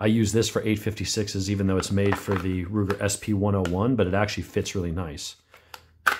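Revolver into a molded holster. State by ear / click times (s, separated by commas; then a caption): seated / 6.1 s. A Taurus 856 revolver is pushed into a molded polymer holster made for the Ruger SP101, which it fits well, and the holster has adjustable retention tension. Someone talks for most of the clip, then after a short pause there is a faint tap at 5.7 s. A sharp click at 6.1 s marks the retention catching and the revolver seating in the holster.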